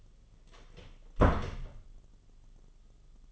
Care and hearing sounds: daily activity, microphone in the room; close door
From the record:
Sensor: 4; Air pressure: 1005.8 hPa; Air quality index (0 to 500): 95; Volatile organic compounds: 2 ppm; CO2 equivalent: 1180 ppm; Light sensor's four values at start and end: 13/29/11/11 and 13/31/12/11

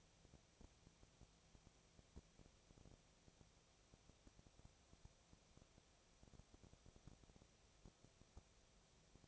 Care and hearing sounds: daily activity, microphone in the room; no activity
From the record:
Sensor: 1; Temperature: 19.8 degrees Celsius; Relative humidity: 37.9%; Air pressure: 998.8 hPa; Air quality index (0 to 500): 233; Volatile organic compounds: 134 ppm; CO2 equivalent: 3946 ppm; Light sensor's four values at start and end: 1/2/1/1 and 1/2/1/1

